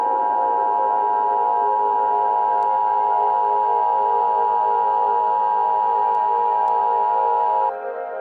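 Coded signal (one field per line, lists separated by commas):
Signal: Emergency Alert System (SAME) tones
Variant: 853 and 960 Hz attention tone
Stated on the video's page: Fictional EAS scenario made for entertainment, not a real event.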